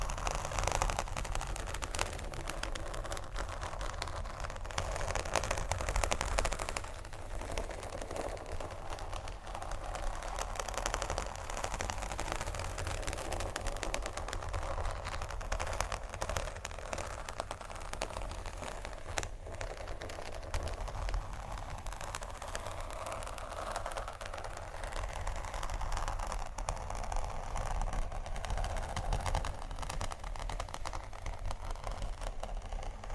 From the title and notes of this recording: ASMR 2 Magic Textures (scratching, Tapping)（No Talking）.